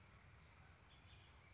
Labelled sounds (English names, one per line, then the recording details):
Bullock's Oriole
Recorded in Sonoma County, California